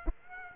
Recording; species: mosquito wingbeat signal from an infrared sensor; Aedes aegypti